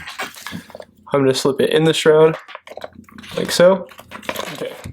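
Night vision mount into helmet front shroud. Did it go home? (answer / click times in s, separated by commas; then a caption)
yes / 4.3 s. Someone talks while a night vision mount, set to the unlock position, is slipped into the metal front shroud on a Team Wendy Bump helmet. A short, sharp click is heard at 4.3 s as the mount locks into the shroud, seated snugly.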